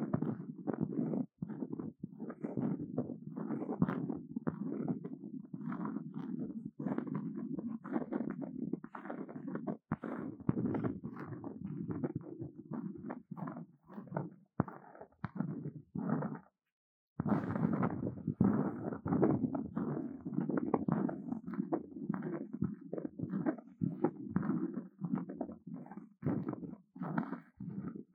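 Intense brain scratching: a dense, continuous low rasping and rubbing, churning steadily with rapid fluctuations and occasional brief breaks. A short full silence falls around seventeen seconds before the coarse, rumbling scratching resumes just as thickly through the end.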